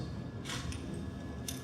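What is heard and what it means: A protective rubber/plastic WSB weatherproofing boot is slid up over a coaxial cable connector, the fitting meant to lock on and give an IP67 weather-tight seal. Soft handling and rubbing noises are heard over a steady low hum, with a brief scrape near 0.5 s and short ticks at about 0.7 s and 1.5 s. The boot has not yet clicked or locked on.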